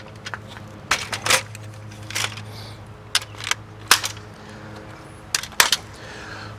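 The remaining corner hinge locks on a GP Logistics SLDD6 RV folding ladder are pushed in so the ladder doesn't move, with handling clatter and sharp metal snaps throughout. The locks click into place at 3.9 s and 5.6 s, and all sides are then confirmed locked.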